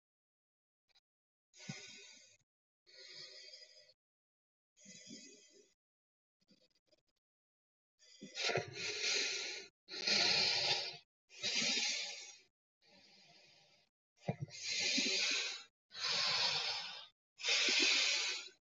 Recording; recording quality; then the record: deep breathing; excellent, no background noise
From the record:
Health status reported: healthy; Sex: male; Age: 32 years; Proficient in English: yes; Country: India